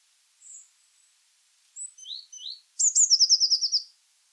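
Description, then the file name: Eurasian blue tit song: a soft high note and a few short chips first, then a rapid high trill near the end. "Cyanistes caeruleus"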